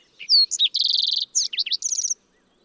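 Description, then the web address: Fox sparrow song: whistled opening notes, a rapid trill, a cluster of slurred down-swept notes and a quick ending series, all within about two seconds. "birdsongforthecurious songs Fox Sparrow"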